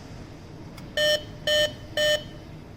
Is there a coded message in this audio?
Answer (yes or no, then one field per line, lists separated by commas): no